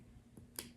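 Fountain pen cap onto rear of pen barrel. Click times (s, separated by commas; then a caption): 0.6 s. The plastic cap of a small Kaweco Sport pocket fountain pen is pushed onto the back of its barrel to post it. A faint tick at 0.4 s is followed by a sharp, bright click at 0.6 s as the cap seats.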